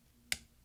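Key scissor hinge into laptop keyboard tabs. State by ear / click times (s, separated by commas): seated / 0.3 s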